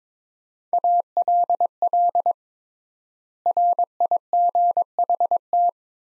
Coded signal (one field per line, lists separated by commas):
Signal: Morse code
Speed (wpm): 22 wpm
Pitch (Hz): 700 Hz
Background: none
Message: ALL RIGHT